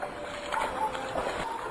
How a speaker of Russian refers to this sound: снаружи послышались шорох и чей-то торопливый шепот, сопровождаемый хлюпаньем, как будто кто-то ступал по грязи.